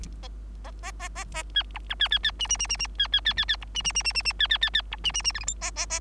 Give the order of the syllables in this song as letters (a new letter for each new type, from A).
A A A A A B C D B B B E E E E E B B B B B C E E E E E E B B B B C E E E F G H A A A